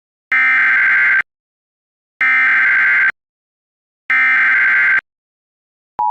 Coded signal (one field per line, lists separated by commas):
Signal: Emergency Alert System (SAME) tones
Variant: header bursts